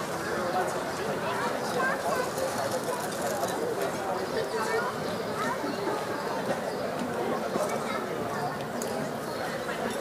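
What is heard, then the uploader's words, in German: A summer evening in Berlin, filled with a steady murmur of many overlapping voices talking at once. The chatter stays dense and even throughout, with occasional brighter clicks and clinks rising above it and a low rumble underneath. Berliner Abendämmerung. Entführt dich an einem Freitagabend zur "Stralauer Bucht". Sommerabend in Berlin.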